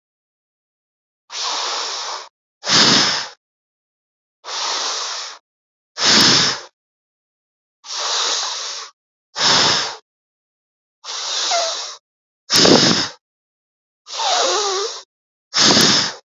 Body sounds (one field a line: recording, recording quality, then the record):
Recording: deep breathing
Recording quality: excellent, no background noise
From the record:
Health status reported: healthy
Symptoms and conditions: none ticked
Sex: male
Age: 52 years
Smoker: not ticked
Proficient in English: yes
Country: India